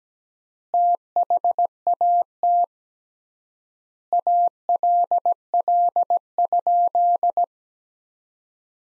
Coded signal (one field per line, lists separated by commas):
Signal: Morse code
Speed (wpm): 17 wpm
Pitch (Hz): 700 Hz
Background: none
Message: THAT ALL?